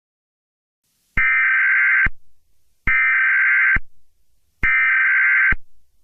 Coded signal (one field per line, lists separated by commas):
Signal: Emergency Alert System (SAME) tones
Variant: header bursts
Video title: EAS Scenario #15: Unknown Emergency